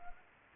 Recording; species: mosquito wingbeat signal from an infrared sensor; Anopheles gambiae